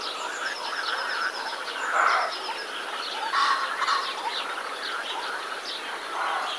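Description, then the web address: Roe deer barks, a few rough short calls scattered across the recording, mixed with busy birdsong and high chirps. "wroblowe kolekcja capreolus capreolus"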